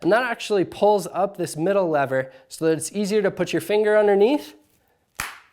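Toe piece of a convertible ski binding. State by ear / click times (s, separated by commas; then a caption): seated / 5.2 s. Someone talks while pressing the wings of the plastic/metal toe piece of a convertible ski binding together, then falls silent. At 5.2 s a single short, sharp click is heard as the toe piece clicks back down easily into ski mode.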